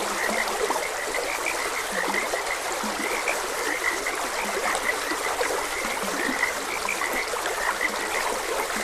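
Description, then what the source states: Frogs croaking: a busy chorus of high chirps with occasional low, short croaks, over constant flowing water. Frogs croaking beside a gentle stream.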